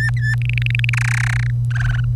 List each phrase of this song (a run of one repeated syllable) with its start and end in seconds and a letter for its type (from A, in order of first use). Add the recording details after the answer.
0.00-0.35 A, 0.42-0.90 B, 0.93-1.50 C, 1.71-2.04 D. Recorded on 25 April 2018 at 07:57. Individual llb3